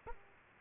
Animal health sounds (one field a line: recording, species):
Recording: mosquito wingbeat signal from an infrared sensor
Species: Aedes aegypti